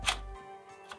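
Pushing the latch on the extendable trolley handle of a JBL PartyBox 310 portable party speaker releases it, and a sharp hit sounds at 0.1 s as the handle comes out. A fainter short tap follows at 0.9 s over a quiet steady background tone.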